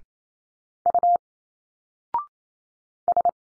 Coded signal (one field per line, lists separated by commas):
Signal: Morse code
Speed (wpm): 28 wpm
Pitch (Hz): 700 Hz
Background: none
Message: U S